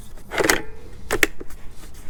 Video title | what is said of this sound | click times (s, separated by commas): Greenworks Battery-Powered Chainsaw - Unboxing - First Cut - Demolition Project - Review | push it down until it clicks | 1.2 s